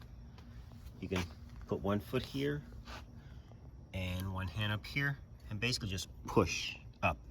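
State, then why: Not seated. Someone talks while a stainless door panel is handled onto the door of a black GE dishwasher, with one foot and one hand set on the panel to push it up. Only faint, soft knocks are heard under the speech, and the panel has not locked into place yet.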